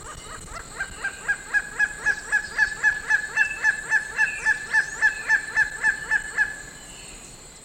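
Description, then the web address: Gray-headed kite calling, a steady run of about twenty sharp, nasal kek-like notes, roughly four per second, with a constant high insect drone behind. South America, eastern lowlands. "Natures Songs S America Eastern Lowlands. Gray-headed Kite"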